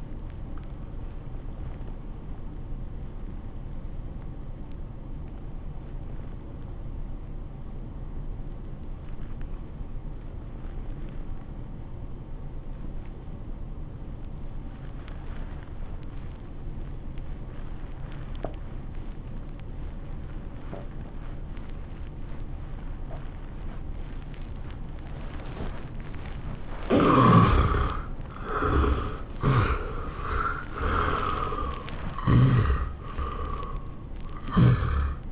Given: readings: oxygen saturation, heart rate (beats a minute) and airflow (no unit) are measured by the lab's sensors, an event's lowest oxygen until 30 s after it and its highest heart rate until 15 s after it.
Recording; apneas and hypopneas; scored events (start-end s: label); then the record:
breathing in sleep by a smartphone at the bedside; 1
3.00-27.60 s: obstructive apnea (N2, oxygen 97% highest, then 72% lowest, heart rate 80 at the start, 103 highest)
15.00-35.32 s: new sleep stage, N1 (lightest sleep)
From the record:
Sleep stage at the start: N2 (light sleep); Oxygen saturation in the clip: 76 to 97%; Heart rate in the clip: 78 to 103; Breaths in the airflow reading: 3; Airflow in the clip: -22.4 to 13.9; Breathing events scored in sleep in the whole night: 403 in 5.5 hours asleep